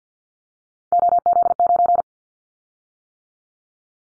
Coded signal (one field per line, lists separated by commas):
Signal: Morse code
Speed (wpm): 48 wpm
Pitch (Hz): 700 Hz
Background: none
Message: OZ9